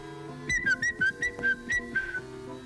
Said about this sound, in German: Das war sein Pfiff. Dann ist er immer gleich gekommen.